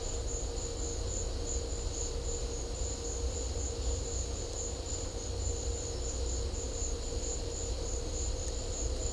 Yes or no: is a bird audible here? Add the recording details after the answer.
no. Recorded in secondary vegetation near Puerto Asís, Putumayo, Colombia, on 18 December 2024 at 12:00. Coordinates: 0.500, -76.326. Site G065